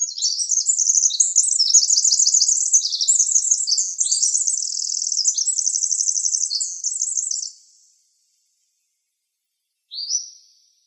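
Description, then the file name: Winter wren song, an extended high bubbling stream of fast trills and warbles lasting about eight seconds, then a brief silence before a short new phrase begins. Recorded in Arizona on 26 June 2006. "WIWR COONS"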